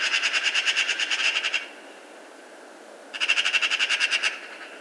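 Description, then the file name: Eurasian magpie rattling in two harsh chatter bursts separated by a pause. "Pica pica"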